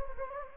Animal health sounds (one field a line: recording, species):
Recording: mosquito wingbeat signal from an infrared sensor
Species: Anopheles gambiae